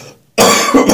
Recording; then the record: coughing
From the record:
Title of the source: Spring Cold Coughing 3